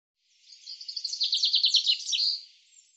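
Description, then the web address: Common chaffinch song, one run of sweet repeated notes dropping in pitch and closing with a quick flourish. "Deverinetal 2025 File cleaned normalized Bird Fr Co"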